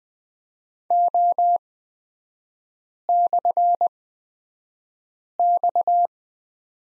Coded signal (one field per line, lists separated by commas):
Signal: Morse code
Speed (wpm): 20 wpm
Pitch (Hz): 700 Hz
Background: none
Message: O/X